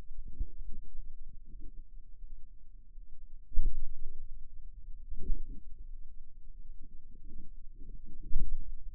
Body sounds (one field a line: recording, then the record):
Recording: forearm muscle sounds (acoustic myography)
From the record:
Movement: pen grasping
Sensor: system 2, bracelet of six BSWA MPA416 microphones around the upper forearm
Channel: 3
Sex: female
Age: 23 years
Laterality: right